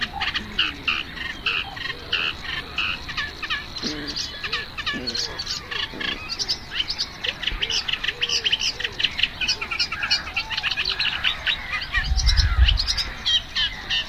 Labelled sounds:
Eurasian Reed Warbler (Acrocephalus scirpaceus) song

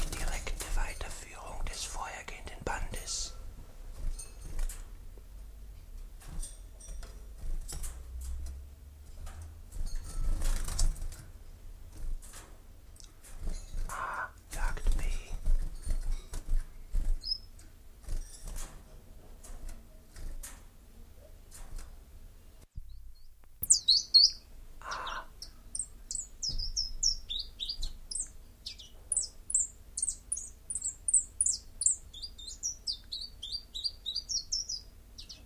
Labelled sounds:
Common Chiffchaff (Phylloscopus collybita) song

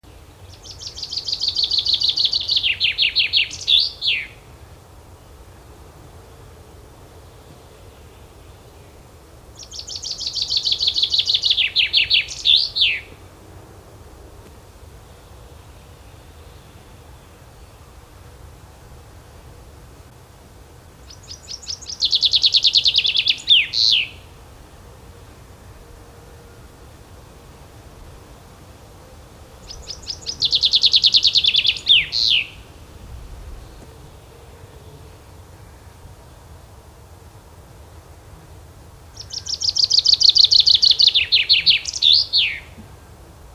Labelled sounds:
Common Chaffinch (Fringilla coelebs) song

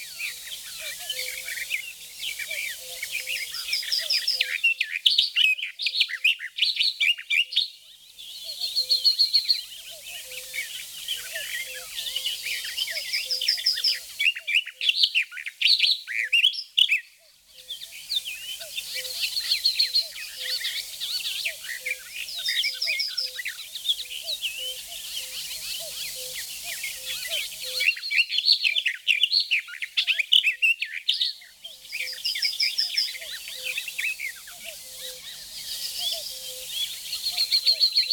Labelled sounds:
Barred Warbler (Sylvia nisoria) song

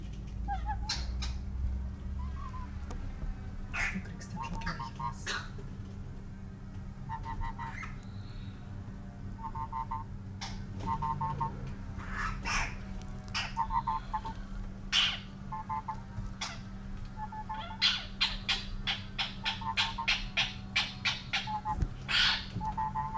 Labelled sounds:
Western Cattle Egret (Bubulcus ibis) call

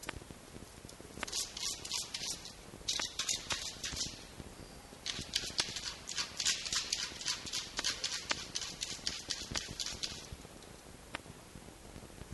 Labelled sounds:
Red Fox (Vulpes vulpes)

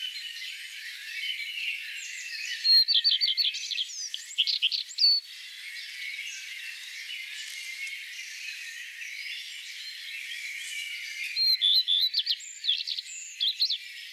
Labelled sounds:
Common Redstart (Phoenicurus phoenicurus) song

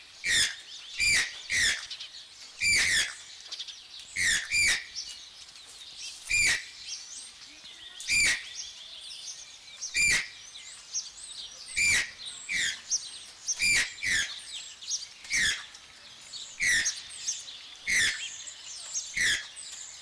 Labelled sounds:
Channel-billed Toucan (Ramphastos vitellinus) call

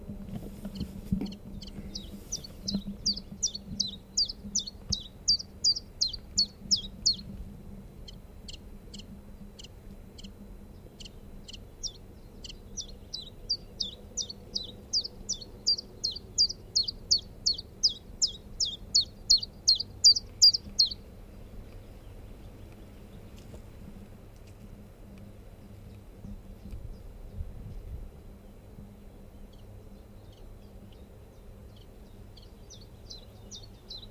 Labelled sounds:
Common Chiffchaff (Phylloscopus collybita) song

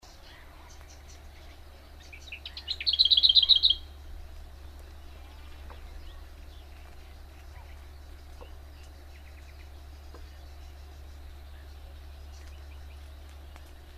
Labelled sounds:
Lesser Whitethroat (Sylvia curruca) song

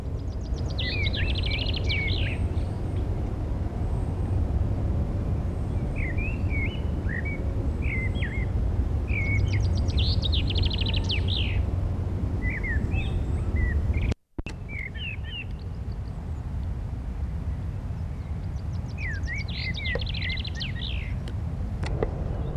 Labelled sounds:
Common Chaffinch (Fringilla coelebs) song

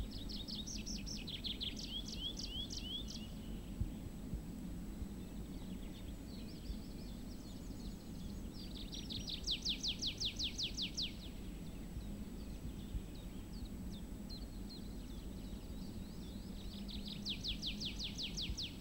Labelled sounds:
Tree Pipit (Anthus trivialis)

